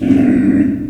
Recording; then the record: squeal of a Yucatan mini pig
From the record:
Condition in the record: after surgery on the right vocal fold (resection and tissue-engineered implant); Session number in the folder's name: 3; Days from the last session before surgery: 21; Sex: female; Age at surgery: 19 weeks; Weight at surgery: 25 kg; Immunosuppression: prednisolone